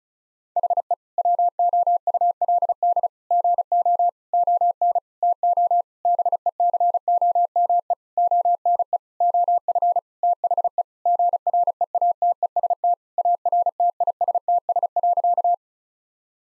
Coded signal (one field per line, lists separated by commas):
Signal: Morse code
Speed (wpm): 36 wpm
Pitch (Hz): 700 Hz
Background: none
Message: HE WOULD GO ON TO BECOME ONE OF THE GREATEST ARTISTS.